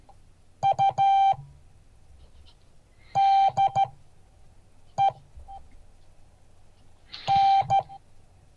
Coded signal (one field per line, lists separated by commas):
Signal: Morse code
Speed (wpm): 13 wpm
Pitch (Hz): 780 Hz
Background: none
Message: U DE N